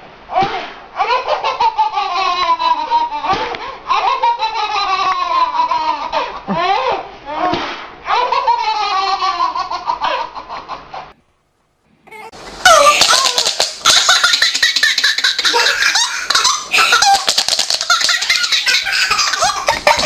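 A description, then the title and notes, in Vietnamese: A baby laughs heartily in repeated bursts of high, bubbling giggles with quick breaths between. The laughter breaks off into silence near eleven seconds, then resumes brighter and more crowded, with fast squeals and possibly other voices mixed in until the end. Tiếng em bé cười sảng khoái nhất.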